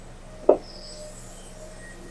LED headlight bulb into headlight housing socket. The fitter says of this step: Yari na agad. Nag-lock na agad.